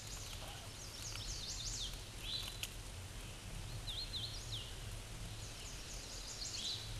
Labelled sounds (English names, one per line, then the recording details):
Hooded Warbler song
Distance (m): 65 m
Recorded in a Pennsylvania forest on 18 May 2023 at 09:33
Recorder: AudioMoth, point grid1_13_low
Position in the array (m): 180 m, 85 m